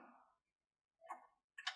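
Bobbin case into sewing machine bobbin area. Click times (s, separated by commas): 1.6 s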